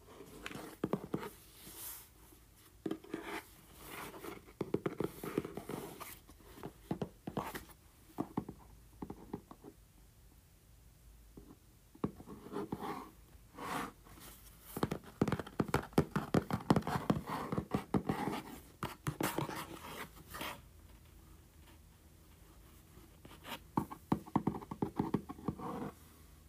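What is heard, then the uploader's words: Fingers tap and scratch on a small cardboard box. Sharp taps come in quick irregular bursts, with busier, louder scratching and tapping from about 15 to 20 seconds, separated by brief near-silent pauses. ASMR Tapping and Scratching Small Cardboard Box.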